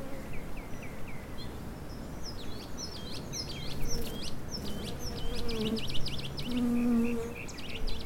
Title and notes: Bees pollinate a perpetual-blooming Echium Candicans ("pride of Madeira") flowering shrub in our Laurel Canyon Garden